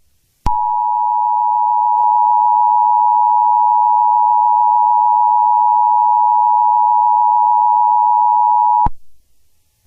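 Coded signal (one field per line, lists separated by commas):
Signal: Emergency Alert System (SAME) tones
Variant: 853 and 960 Hz attention tone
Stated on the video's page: Fictional EAS scenario made for entertainment.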